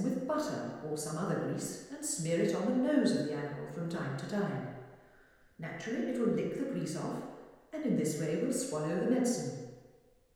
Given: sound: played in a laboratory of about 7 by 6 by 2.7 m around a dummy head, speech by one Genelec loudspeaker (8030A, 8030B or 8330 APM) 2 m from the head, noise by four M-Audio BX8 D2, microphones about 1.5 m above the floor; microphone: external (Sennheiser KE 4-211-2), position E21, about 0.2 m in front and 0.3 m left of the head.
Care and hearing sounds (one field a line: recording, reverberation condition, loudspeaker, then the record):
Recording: female speech in English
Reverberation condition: high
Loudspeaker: 60 degrees to the right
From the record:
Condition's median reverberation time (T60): about 1300 ms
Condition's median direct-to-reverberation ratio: about -4.0 dB